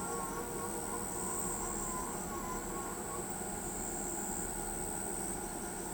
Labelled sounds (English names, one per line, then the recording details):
none
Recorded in pastures near Pivijay, Magdalena, Colombia, on 18 April 2023 at 00:00
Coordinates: 10.456, -74.369
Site P6-G026